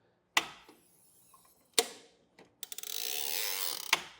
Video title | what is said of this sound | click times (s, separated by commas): etrailer - How the Kuat Piston Pro 2 Bike Rack Fits - 2024 Kia Sportage | until it locks into place. | 0.4 s, 1.8 s, 3.9 s